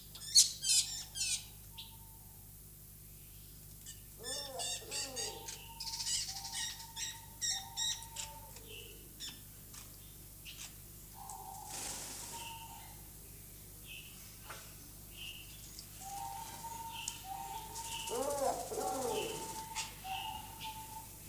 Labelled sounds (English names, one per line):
Diamond Dove courtship call